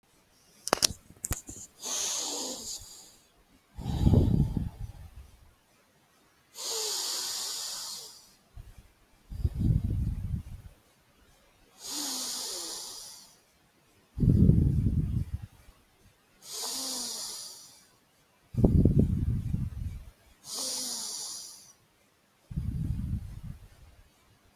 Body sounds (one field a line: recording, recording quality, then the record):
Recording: deep breathing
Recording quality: moderate, slight background noise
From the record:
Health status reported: healthy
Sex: male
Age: 35 years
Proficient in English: yes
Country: India